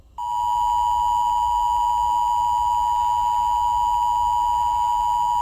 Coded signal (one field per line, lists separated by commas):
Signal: Emergency Alert System (SAME) tones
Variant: 853 and 960 Hz attention tone